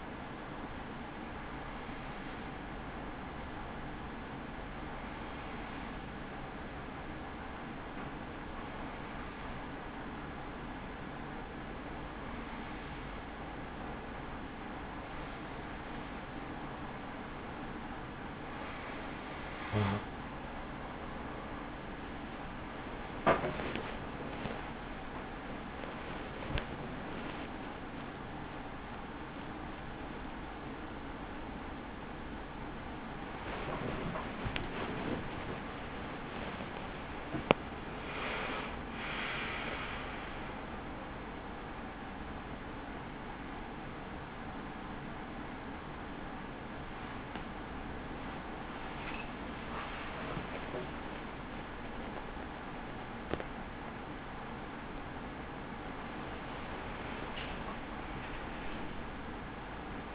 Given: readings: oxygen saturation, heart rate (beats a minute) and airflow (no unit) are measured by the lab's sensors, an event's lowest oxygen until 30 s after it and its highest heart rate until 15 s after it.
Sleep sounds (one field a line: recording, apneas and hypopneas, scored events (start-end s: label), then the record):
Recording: breathing in sleep by a voice recorder at the bedside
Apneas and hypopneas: 1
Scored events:
4.00-25.10 s: hypopnea (N3, oxygen 94% highest, then 94% lowest)
31.00-60.15 s: new sleep stage, awake
36.00-60.15 s: awake
From the record:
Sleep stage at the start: N3 (deep sleep)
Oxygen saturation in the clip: 94 to 97%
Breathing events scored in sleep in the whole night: 83 in 6.1 hours asleep